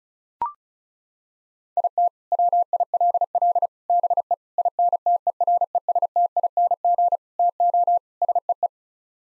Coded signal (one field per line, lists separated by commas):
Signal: Morse code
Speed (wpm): 34 wpm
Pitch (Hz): 700 Hz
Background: none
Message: IT WILL BE INTERESTING TO SEE